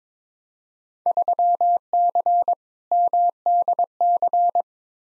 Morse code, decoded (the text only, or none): 3C MDC